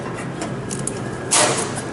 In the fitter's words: will seat in these two Brewers one on either side and push forward to lock into place